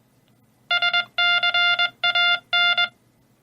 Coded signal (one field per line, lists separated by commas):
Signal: Morse code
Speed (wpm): 21 wpm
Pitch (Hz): 2800 Hz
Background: none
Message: SCAN